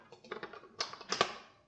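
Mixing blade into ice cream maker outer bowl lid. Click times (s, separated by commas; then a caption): 1.2 s. A plastic mixing blade (paddle) is pressed into the outer bowl lid of a NINJA CREAMi ice cream maker, with a series of light plastic knocks and clicks leading up to it. A sharp click at 1.2 s marks the blade snapping into the lid and seating.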